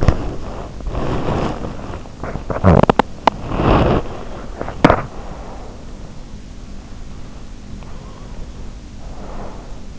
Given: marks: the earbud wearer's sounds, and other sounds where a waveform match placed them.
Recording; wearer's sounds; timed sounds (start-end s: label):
sounds in sleep by an in-ear microphone; body movement, teeth grinding, breath
0.00-6.05 s: body movement
2.54-3.63 s: teeth grinding
7.51-9.99 s: breath